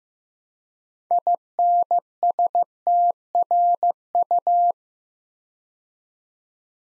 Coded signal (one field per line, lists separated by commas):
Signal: Morse code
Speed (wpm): 15 wpm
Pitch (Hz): 700 Hz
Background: none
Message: INSTRU